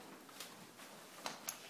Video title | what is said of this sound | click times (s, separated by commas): Back table setup 2 | slip it on. Hear it click. | 1.5 s